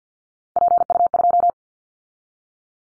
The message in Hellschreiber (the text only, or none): none